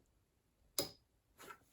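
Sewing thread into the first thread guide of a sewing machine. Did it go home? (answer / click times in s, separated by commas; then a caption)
yes / 0.8 s. The upper thread of a sewing machine is pulled into the first metal thread guide and snaps into place with a sharp pop at 0.8 s. A softer, brief rustle follows around 1.4–1.6 s. The thread is seated in the guide.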